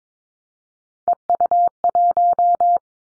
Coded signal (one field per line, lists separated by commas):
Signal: Morse code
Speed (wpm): 22 wpm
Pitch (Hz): 700 Hz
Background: none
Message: EU1